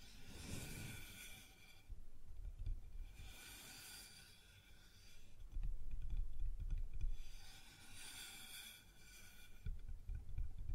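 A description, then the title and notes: Something scrapes and rubs across a wooden surface in slow, repeated strokes, three long passes each lasting about two seconds with a bright, raspy, ringing edge. Between the strokes come low, irregular knocks and bumps against the wood. ASMR Sounds on Wooden Surface (No Talking).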